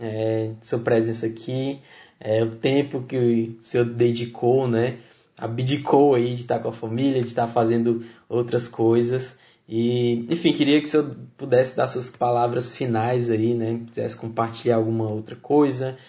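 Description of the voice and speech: An adult man speaks Brazilian Portuguese in a quiet room, thanking a guest and inviting closing words, with a steady mid-low voice and natural intonation. His speech is fluent and clear, with ordinary fillers like "né" and a few drawn-out hesitations. This is typical speech with no disorder.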